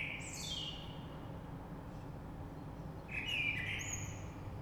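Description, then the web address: Common blackbird song with two short phrases, a sliding whistle followed by a brighter warbled note, against a low steady rumble. Recorded 3 March 2020. "oiseaux Rush Merle 3-3-2020"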